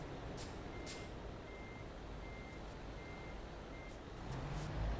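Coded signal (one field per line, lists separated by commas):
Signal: none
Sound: truck reversing warning beeps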